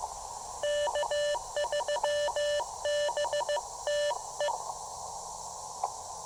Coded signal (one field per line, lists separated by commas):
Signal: Morse code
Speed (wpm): 15 wpm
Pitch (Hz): 1750 Hz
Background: radio noise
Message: K3BTE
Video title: Activation de POTA en français! (Yes, a POTA activation in French. I'll explain...)